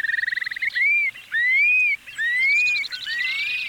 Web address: BIRD NOTE. Long billed Curlews Whistle from the Sky